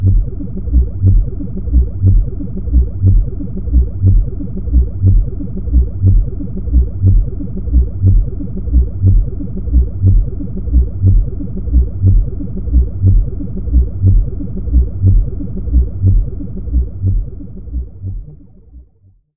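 Binaural beats: a low, dense hum of layered tones sitting below the midrange, pulsing in a fast, regular throb about three or four times a second. The sound holds steady throughout, then fades out over the last two seconds.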